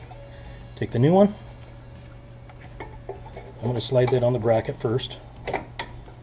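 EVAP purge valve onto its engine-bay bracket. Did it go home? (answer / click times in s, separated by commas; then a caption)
yes / 5.8 s. A new plastic EVAP purge valve is slid onto its engine-bay mounting bracket on a Mustang while someone talks. Faint taps come at 2.8 s and 3.1 s, and the valve snaps into place on the bracket with a sharp click at 5.8 s.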